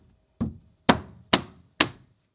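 A wall panel with snap fasteners pre-attached to its back is pressed onto the mating snaps screwed into the wall. A softer knock at about 0.4 seconds is followed by three sharp snap knocks at 0.9, 1.3 and 1.8 seconds as the snaps engage. The panel seats and is securely attached.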